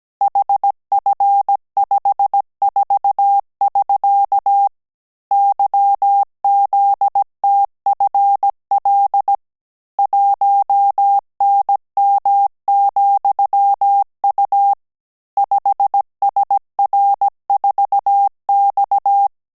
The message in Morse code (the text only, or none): HF54<SK> YZTFL 1NM,U 5SR4X